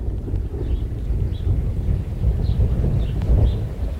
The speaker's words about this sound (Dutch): Ja, er zit onweer in de lucht. Ja, daar word ik heel erg nerveus van.